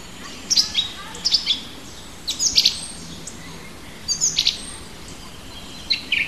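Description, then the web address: Small songbird chirping in short high bursts of two to four sharp notes, separated by short pauses, over a soft steady background hiss. Native birds in a hedge, recorded in March. "oeko hecke vogel maerz vogel heimisch"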